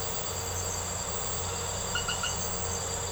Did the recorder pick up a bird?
no